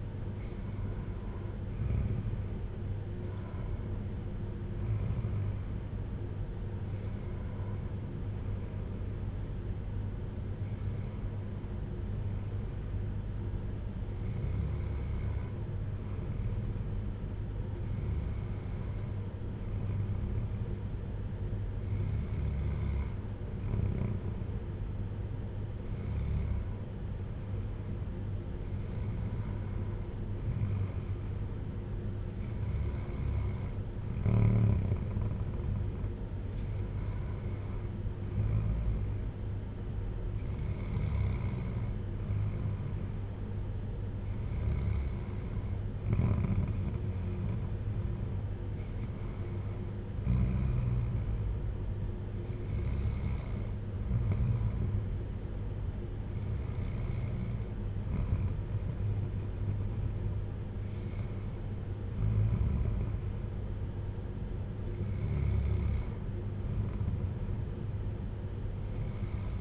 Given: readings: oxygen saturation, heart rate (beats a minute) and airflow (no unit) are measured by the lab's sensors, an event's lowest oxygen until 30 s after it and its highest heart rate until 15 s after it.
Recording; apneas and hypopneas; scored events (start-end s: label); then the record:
breathing in sleep by a smartphone at the bedside; none
none scored
From the record:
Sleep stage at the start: N2 (light sleep); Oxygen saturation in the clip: 92 to 95%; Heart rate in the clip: 54 to 62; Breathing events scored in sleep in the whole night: 310 in 8.1 hours asleep